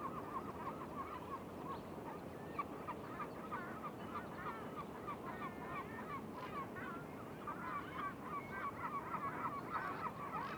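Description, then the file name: Dense chorus of Mongolian Gulls, many overlapping nasal yelping calls repeated rapidly and continuously, over constant low-pitched background noise. Gulls calling at Shahe Reservoir, 14 March 2021, 09:44. "2021-03-14-0944-Mongolian-Gulls-calling-Shahe-Reservoir"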